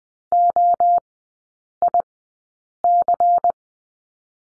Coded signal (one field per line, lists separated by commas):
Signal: Morse code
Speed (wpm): 20 wpm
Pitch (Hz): 700 Hz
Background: none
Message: OIC